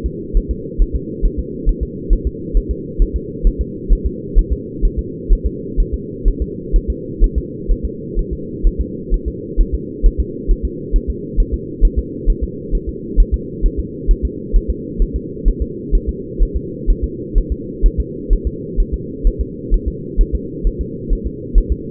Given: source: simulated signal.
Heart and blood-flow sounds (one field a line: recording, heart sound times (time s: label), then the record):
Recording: fetal heart sounds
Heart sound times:
0.06 s: S2
0.37 s: S1
0.51 s: S2
0.82 s: S1
0.96 s: S2
1.25 s: S1
1.39 s: S2
1.69 s: S1
1.83 s: S2
2.13 s: S1
2.27 s: S2
2.57 s: S1
2.71 s: S2
3.02 s: S1
3.16 s: S2
3.47 s: S1
3.61 s: S2
3.92 s: S1
4.06 s: S2
4.39 s: S1
4.53 s: S2
4.85 s: S1
4.99 s: S2
5.32 s: S1
5.47 s: S2
5.80 s: S1
5.94 s: S2
6.28 s: S1
6.42 s: S2
6.76 s: S1
6.90 s: S2
7.24 s: S1
7.38 s: S2
7.71 s: S1
7.85 s: S2
8.19 s: S1
8.33 s: S2
8.67 s: S1
8.81 s: S2
9.14 s: S1
9.28 s: S2
9.61 s: S1
9.75 s: S2
10.06 s: S1
10.20 s: S2
10.51 s: S1
10.65 s: S2
10.96 s: S1
11.10 s: S2
11.40 s: S1
11.54 s: S2
11.85 s: S1
11.99 s: S2
12.30 s: S1
12.44 s: S2
12.75 s: S1
12.89 s: S2
13.20 s: S1
13.34 s: S2
13.66 s: S1
13.80 s: S2
14.11 s: S1
14.25 s: S2
14.56 s: S1
14.70 s: S2
15.02 s: S1
15.16 s: S2
15.48 s: S1
15.62 s: S2
15.95 s: S1
16.09 s: S2
16.43 s: S1
16.56 s: S2
16.90 s: S1
17.04 s: S2
17.38 s: S1
17.52 s: S2
17.86 s: S1
18.00 s: S2
18.33 s: S1
18.47 s: S2
18.80 s: S1
18.94 s: S2
19.27 s: S1
19.41 s: S2
19.74 s: S1
19.88 s: S2
20.21 s: S1
20.35 s: S2
20.67 s: S1
20.81 s: S2
21.13 s: S1
21.27 s: S2
21.58 s: S1
21.72 s: S2
From the record:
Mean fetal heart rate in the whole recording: 130 bpm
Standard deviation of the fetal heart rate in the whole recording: 4 bpm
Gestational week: 38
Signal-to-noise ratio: -4.1 dB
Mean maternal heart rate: no maternal heart sound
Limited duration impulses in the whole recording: absent